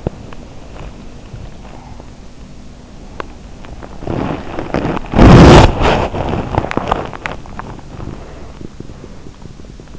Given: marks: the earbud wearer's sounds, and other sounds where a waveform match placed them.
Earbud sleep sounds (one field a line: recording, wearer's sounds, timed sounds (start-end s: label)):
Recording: sounds in sleep by an in-ear microphone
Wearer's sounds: body movement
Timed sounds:
0.00-7.59 s: body movement
7.98-9.99 s: sound from someone else or the room